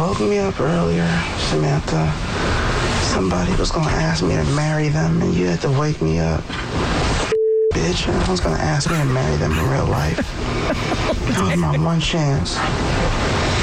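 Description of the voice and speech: Drowsy, slightly slurred and creaky speech from an adult woman talking in her sleep, with emotional outbursts: sleep talking, captured overnight by a sleep recorder app on her phone. She talks in her sleep habitually and says very strange things.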